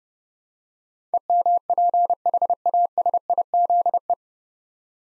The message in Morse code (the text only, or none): EMPHASIZE